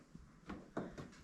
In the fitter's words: up and you'll feel it click